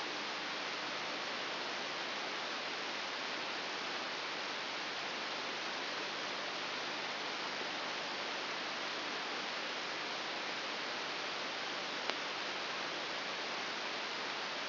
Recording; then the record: brain microelectrode recording played as sound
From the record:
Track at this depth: inside the subthalamic nucleus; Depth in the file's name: 4.801 mm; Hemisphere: right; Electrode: 3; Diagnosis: Parkinson's disease